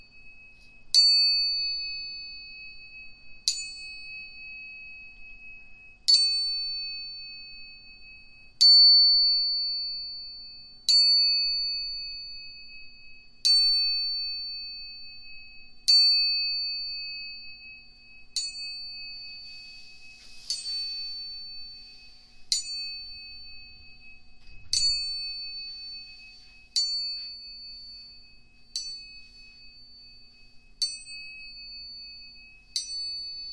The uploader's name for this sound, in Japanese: 音叉チューニング2本